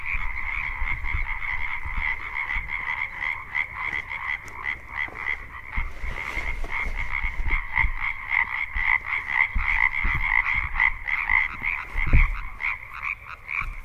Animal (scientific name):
Hyla arborea